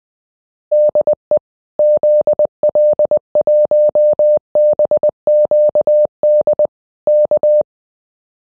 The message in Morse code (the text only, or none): DE ZL1BQD K